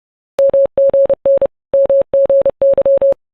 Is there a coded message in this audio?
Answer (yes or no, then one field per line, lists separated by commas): yes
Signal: Morse code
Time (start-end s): 0.4-3.1 s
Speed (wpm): 30 wpm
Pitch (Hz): 550 Hz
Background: none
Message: MGN MGY